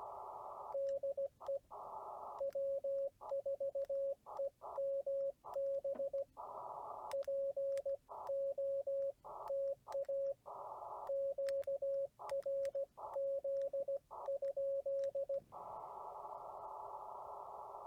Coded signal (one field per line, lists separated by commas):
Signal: Morse code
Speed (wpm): 17 wpm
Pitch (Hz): 550 Hz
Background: radio noise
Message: DE W4EMB POTA QRZ?